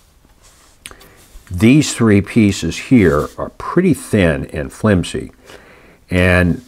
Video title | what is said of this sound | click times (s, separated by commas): Part-2 of the Hobby Boss 1/48 scale B-24J tape up review. | this will pop into place but I didn't glue this in either | 0.9 s